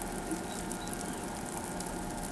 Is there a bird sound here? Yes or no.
no